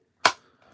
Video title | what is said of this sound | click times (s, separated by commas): Star Wars Black Series Luke Vs. Vader Bespin Duel Box Set LIVE Review | And it just snaps right in place like that. | 0.3 s